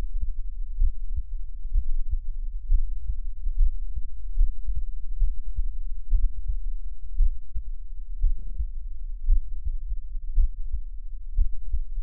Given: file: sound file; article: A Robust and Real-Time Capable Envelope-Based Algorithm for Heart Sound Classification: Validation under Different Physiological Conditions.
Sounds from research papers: heart sounds by electronic stethoscope; rest; normal; lying on left side; Erb’s point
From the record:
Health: healthy, no known heart disease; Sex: male

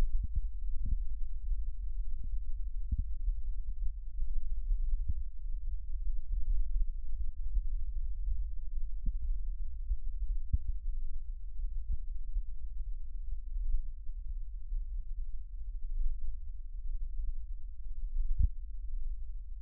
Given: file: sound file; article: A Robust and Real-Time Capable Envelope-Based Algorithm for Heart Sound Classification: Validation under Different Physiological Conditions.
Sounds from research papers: heart sounds by electronic stethoscope; rest; normal; sitting; left side of the back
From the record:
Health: healthy, no known heart disease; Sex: male

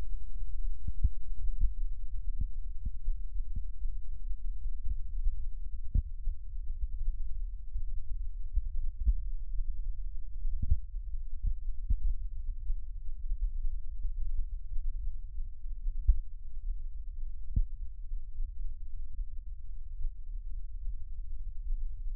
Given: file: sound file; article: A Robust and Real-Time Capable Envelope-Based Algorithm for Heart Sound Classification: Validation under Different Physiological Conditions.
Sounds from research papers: heart sounds by electronic stethoscope; rest; normal; sitting; left side of the back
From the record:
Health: healthy, no known heart disease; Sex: male

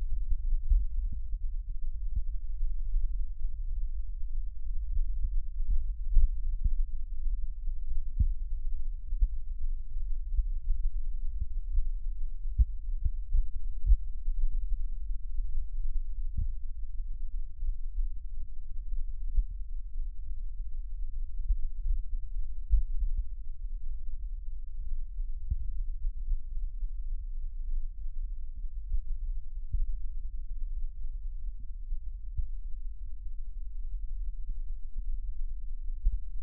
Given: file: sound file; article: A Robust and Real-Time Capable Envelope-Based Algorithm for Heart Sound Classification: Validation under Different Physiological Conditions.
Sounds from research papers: heart sounds by electronic stethoscope; rest; normal; sitting; centre of the back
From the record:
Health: healthy, no known heart disease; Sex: male

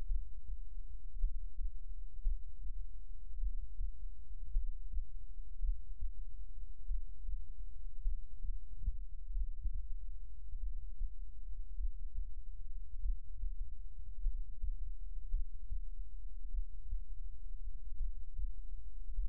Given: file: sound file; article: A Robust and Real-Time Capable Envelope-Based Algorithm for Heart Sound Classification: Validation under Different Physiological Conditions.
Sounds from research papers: heart sounds by electronic stethoscope; rest; normal; lying on left side; Erb’s point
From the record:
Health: healthy, no known heart disease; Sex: male

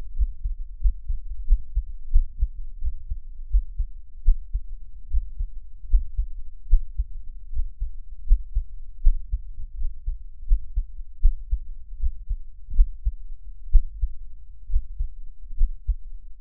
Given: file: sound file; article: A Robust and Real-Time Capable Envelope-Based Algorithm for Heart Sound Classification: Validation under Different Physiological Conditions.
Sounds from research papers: heart sounds by electronic stethoscope; after 5 min of sport; deep; sitting; Erb’s point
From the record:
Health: healthy, no known heart disease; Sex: male

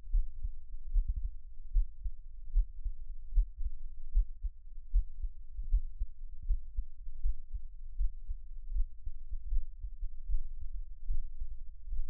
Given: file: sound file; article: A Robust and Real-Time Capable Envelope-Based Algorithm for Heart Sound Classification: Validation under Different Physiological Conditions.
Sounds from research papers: heart sounds by electronic stethoscope; rest; deep; sitting; Erb’s point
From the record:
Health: healthy, no known heart disease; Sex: male

